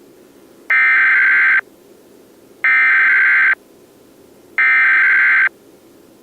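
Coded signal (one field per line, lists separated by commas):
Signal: Emergency Alert System (SAME) tones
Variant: header bursts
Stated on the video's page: Fictional alert inserted into a cartoon, imagining the alert system in a fictional world.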